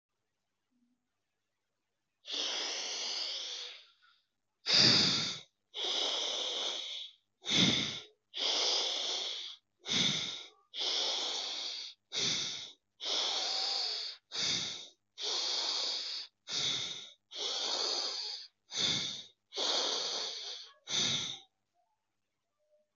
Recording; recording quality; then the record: deep breathing; excellent, no background noise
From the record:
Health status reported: healthy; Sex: male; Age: 42 years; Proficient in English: yes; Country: India